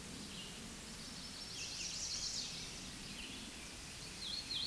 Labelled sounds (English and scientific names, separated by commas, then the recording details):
Chestnut-sided Warbler (Setophaga pensylvanica) song
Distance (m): 45 m
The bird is about level with the microphone
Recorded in a Pennsylvania forest on 16 May 2024 at 08:50
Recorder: AudioMoth, point MSD-0079
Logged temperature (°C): 16.1 °C
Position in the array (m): 167 m, 126 m